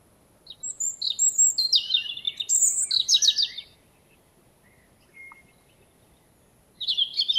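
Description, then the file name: European robin delivers a fast, sparkling phrase of high, thin notes and trills. It is followed by a silent stretch with a brief soft note, then a new phrase begins. "Erithacus rubecula"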